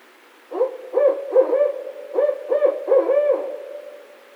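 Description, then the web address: Barred owl hooting: a series of deep, rhythmic hoots over about three seconds in a quiet background. Recorded 16 March 2011. "Barred Owl 2011 03 16 Barred Owl"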